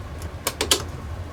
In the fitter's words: snapped right in